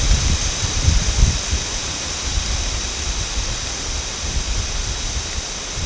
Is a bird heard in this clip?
no